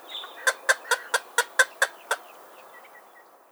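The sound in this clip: Green heron giving a series of eight sharp, clucking kuk notes, then stopping.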